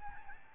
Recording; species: mosquito wingbeat signal from an infrared sensor; Aedes albopictus